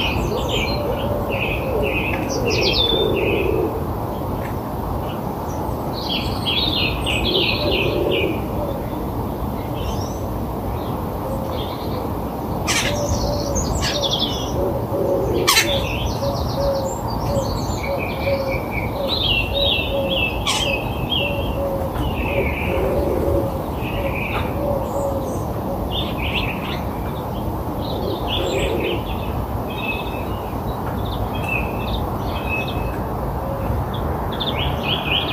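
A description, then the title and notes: Birdsong soundscape: bright chirps and trills repeat throughout over a steady low rumble, with soft low cooing phrases every few seconds. A birdsong soundscape.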